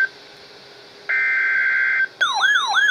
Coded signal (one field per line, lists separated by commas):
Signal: Emergency Alert System (SAME) tones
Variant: header bursts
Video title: Severe Thunderstorm Warning (EAS Alert #795)